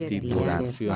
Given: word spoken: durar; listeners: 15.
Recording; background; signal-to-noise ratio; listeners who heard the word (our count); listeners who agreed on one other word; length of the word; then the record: one Spanish word in noise, from a listening test; four-talker babble; -1.9 dB; 0 of 15; 8 of 15; 0.56 s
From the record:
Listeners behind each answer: 8, 2, 1, 1, 1, 1, 1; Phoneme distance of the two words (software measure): 34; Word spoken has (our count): 2 syllables, 5 phonemes, stress on syllable 2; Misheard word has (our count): 3 syllables, 7 phonemes, stress on syllable 3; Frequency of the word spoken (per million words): 8.54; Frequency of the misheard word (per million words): 55.49